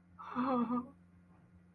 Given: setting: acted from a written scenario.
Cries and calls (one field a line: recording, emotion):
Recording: vocal sound without words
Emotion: sadness